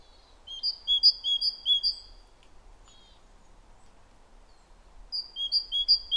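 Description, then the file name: Great tit song of clear whistled notes alternating high and lower, several phrases in a row, then silence and a second run of the same notes. "Parus major"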